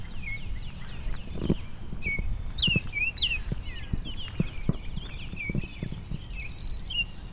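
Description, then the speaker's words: Oriole song, with short, clear, slurred whistled notes, some rising and some falling, over other birds chattering and dull thumping footsteps below. Song with very clear tones, as expected of a songbird; probably a young bird, more yellow than orange. "Orioles have very clear tones, much like you would expect a songbird to be."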